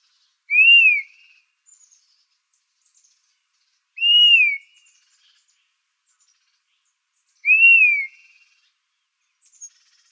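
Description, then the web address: Dusky-capped flycatcher repeating a drawn-out whistled call three times, each rising briefly then sliding downward, roughly every three and a half seconds. Recorded in Arizona on 15 July 2006. "Flycatchers DCFL. deviche"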